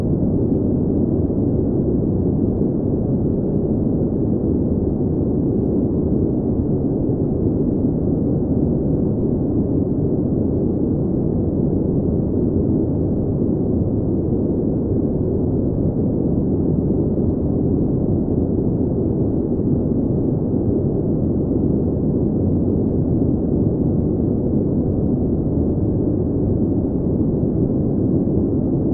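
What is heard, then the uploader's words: Brown noise, a deep, steady rumbling hiss that stays completely constant for the whole half minute. The sound is dense and low, weighted toward rumble with muffled upper tones and nothing bright above. No events or changes break the even wash. Deep Tranquility: Unwind with the Soothing Sound of Brown Noise.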